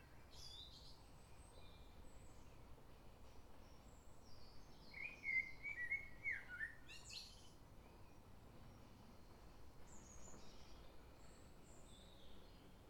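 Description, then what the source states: Common blackbird song: a clear, low fluting warble around five to seven seconds, with thin high twitters before and after, over steady low background hum. Recorded at Crystal Palace, London.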